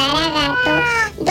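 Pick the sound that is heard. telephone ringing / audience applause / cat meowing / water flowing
cat meowing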